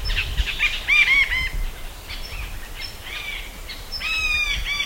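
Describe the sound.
Bird calls: clear arched, harmonic chirps in a burst near the start and again near the end, with fainter chirps between and low background rumble.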